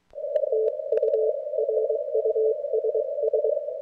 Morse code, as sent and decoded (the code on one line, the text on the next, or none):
- ..- .-. ..- ... ...
TURUSS